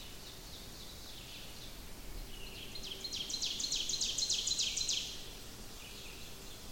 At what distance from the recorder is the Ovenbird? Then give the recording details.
about 65 m. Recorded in boreal forest in Alberta, Canada, on 28 May 2016 at 06:44. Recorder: SongMeter 3, array SBT-3-49. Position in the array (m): 107 m, 264 m. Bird 14